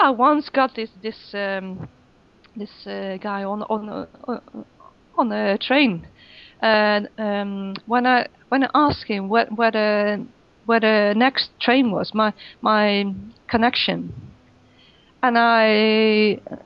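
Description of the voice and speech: Adult woman speaking haltingly, with repeated words, stretched sounds and long fillers and pauses: stuttering.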